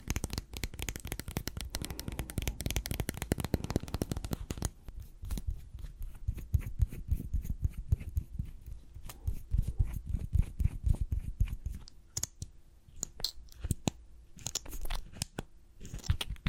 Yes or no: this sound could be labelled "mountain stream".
no